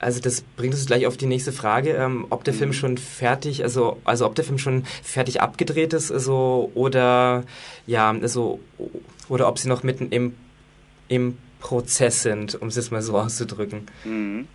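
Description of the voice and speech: An adult male radio show host speaking German, stuttering: he repeats and restarts whole phrases, inserts drawn-out fillers such as "also" and "oder", and breaks off with pauses and a prolonged, repeated word before continuing.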